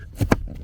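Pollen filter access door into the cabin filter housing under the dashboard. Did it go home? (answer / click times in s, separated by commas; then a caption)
yes / 0.3 s. The plastic pollen filter access door on a 2018 VW Sharan, closing over a Bio functional FreciousPlus pollen filter in the cabin filter housing under the dashboard, is raised flush and pushed toward the steering wheel. A brief scuffing rustle is followed by a sharp little click at 0.3 s as the door locks into place, seated and held.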